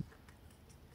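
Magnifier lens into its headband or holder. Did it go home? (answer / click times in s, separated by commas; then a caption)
no / none. A watchmaker's magnifier lens is handled against its headband or holder, with a faint tap near 0.3 s over low background noise. The lens clips onto the holder, but nothing has seated or clicked yet in this clip.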